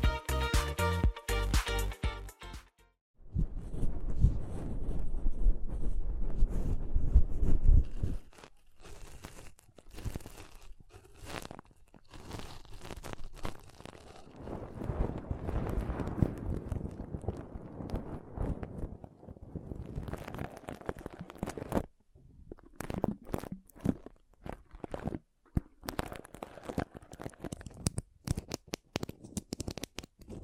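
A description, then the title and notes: Pom pom tingles: dense, scratchy brushing and crunching textures in fast bursts, with short pauses near three, twenty-two and twenty-five seconds. ASMR Ultimate Pom Pom Tingles (No Talking).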